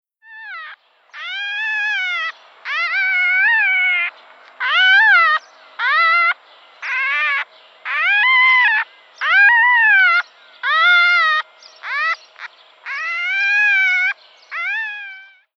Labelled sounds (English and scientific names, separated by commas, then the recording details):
Red Fox (Vulpes vulpes)
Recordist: Tembrock, Günter
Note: Quärrende Laute eines Welpen